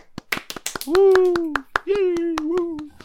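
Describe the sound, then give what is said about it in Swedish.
A short burst of hand clapping as applause for the listeners, sharp claps in a fairly steady rhythm, with a voice cheering or calling out over them in a sustained tone during the middle. “Så applåder till lyssnarna.”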